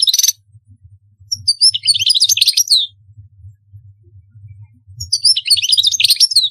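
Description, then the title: European goldfinch song: bright twittering phrases of quick tinkling notes high in pitch, in several bursts separated by pauses, over a faint low hum. "Chant Chardonneret"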